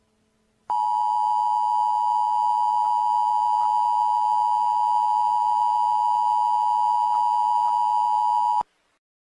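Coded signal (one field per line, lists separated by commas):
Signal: Emergency Alert System (SAME) tones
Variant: 853 and 960 Hz attention tone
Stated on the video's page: Fictional EAS scenario, simulated hazardous materials alert set in Florida.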